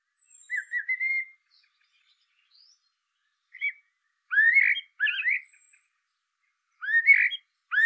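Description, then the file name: Eurasian blackbird song: a fluty warble, then after a pause several whistled phrases with squeaky high flourishes; a faint high thin whistle is heard in the background. "Turdus merula"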